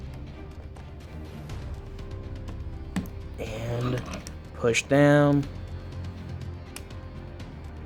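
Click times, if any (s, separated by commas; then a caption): 6.8 s. A plastic panel tab of a transforming action figure is pushed down into its mating slot during the figure's conversion to vehicle mode, against a background of quiet music. Someone talks, and a sharp plastic click is heard at 6.8 s. The panel snaps into place and is seated.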